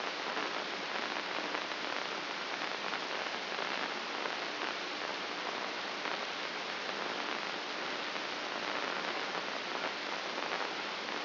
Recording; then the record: brain microelectrode recording played as sound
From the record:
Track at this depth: outside the subthalamic nucleus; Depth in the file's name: 7.228 mm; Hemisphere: left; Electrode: 2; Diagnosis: Parkinson's disease